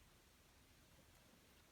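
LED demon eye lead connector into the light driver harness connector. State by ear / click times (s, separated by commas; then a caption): not seated / none. A demon eye LED lead is being handled at the mating plastic wiring connector of the light driver harness for a bench test. Only steady, even broadband hiss is heard, with no sharp transient. Nothing has seated or clicked yet.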